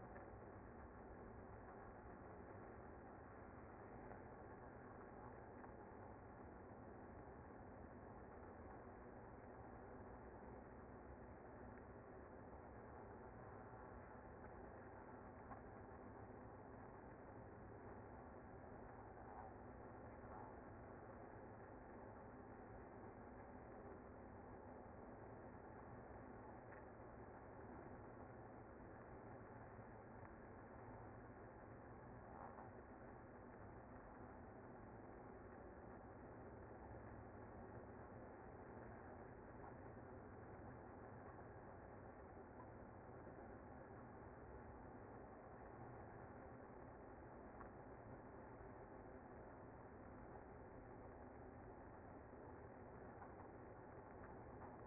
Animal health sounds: honeybee colony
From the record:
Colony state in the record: active

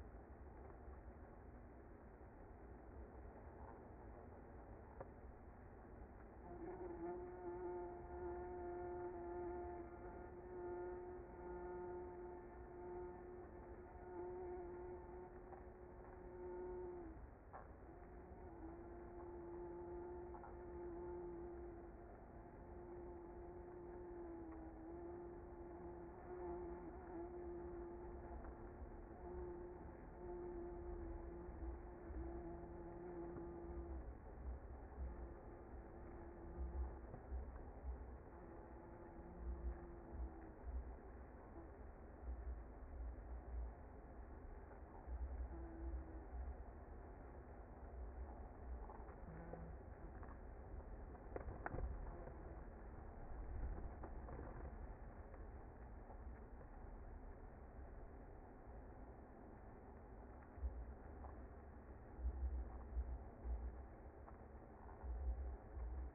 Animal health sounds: honeybee colony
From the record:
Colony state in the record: active

